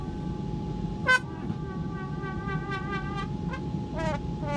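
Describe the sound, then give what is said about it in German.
A flexible hose designed for use in space honks every time its end changes direction: a steady, buzzy horn-like tone drones on with repeated short upward squeaks and toots breaking through, one louder burst early on, over a low rumbling background. “Man hupt eben zwangsläufig bei jedem Richtungswechsel, was wiederum interessant ist für die Forscher aus dem künstlerischen Bereich.”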